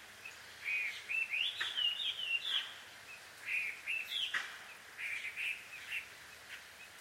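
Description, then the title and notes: Bird calls, short twittering phrases of warbled notes in several bursts with brief gaps between them. Birds quarrelling, described as a married couple's fight, at dusk; field recording in Takao, Japan. "鳥の夫婦喧嘩 – Birds Quarrel At Dusk. Recorded in Takao Japan"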